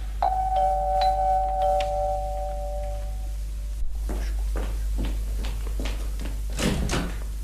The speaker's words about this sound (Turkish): Tamam oldu işte. Artık kapıyı çalabilirsin.